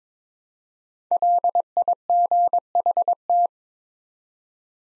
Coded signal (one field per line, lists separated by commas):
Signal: Morse code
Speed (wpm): 22 wpm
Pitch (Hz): 700 Hz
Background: none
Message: LIGHT